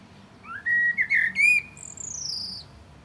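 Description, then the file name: Common blackbird singing: a rising whistled warble of three fluty notes, then a thin high squeaky note sliding downward. "Turdus merula"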